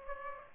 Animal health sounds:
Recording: mosquito wingbeat signal from an infrared sensor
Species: Aedes aegypti

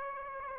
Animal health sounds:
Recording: mosquito wingbeat signal from an infrared sensor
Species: Aedes aegypti

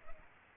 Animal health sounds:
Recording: mosquito wingbeat signal from an infrared sensor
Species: Aedes albopictus

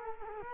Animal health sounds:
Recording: mosquito wingbeat signal from an infrared sensor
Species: Culex quinquefasciatus

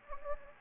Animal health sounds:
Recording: mosquito wingbeat signal from an infrared sensor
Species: Anopheles gambiae

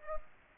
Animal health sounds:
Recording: mosquito wingbeat signal from an infrared sensor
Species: Aedes aegypti

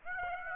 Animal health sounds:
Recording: mosquito wingbeat signal from an infrared sensor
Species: Aedes aegypti

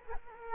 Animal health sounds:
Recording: mosquito wingbeat signal from an infrared sensor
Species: Culex quinquefasciatus

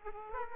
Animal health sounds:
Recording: mosquito wingbeat signal from an infrared sensor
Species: Aedes aegypti

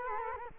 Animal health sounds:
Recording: mosquito wingbeat signal from an infrared sensor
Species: Culex quinquefasciatus

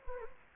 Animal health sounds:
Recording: mosquito wingbeat signal from an infrared sensor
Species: Anopheles gambiae

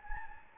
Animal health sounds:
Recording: mosquito wingbeat signal from an infrared sensor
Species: Anopheles gambiae

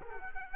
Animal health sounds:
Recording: mosquito wingbeat signal from an infrared sensor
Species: Culex quinquefasciatus

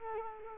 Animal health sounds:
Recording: mosquito wingbeat signal from an infrared sensor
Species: Culex quinquefasciatus

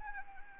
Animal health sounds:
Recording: mosquito wingbeat signal from an infrared sensor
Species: Anopheles arabiensis

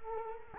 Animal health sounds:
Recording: mosquito wingbeat signal from an infrared sensor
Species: Culex quinquefasciatus

